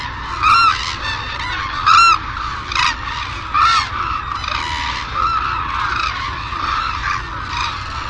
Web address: white naped crane call sound effect